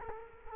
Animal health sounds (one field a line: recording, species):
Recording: mosquito wingbeat signal from an infrared sensor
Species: Culex quinquefasciatus